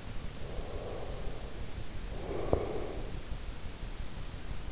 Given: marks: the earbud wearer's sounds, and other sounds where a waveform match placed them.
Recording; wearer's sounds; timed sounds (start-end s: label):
sounds in sleep by an in-ear microphone; breath
0.34-3.17 s: breath